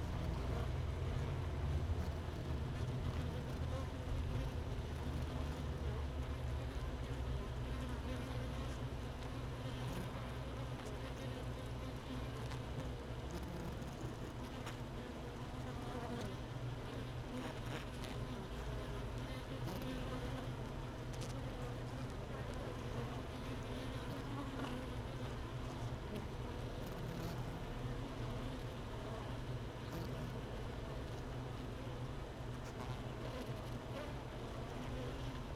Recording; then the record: honeybee colony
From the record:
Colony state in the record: missing queen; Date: 31 May 2018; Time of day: 13:25